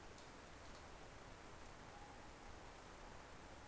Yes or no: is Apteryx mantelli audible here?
no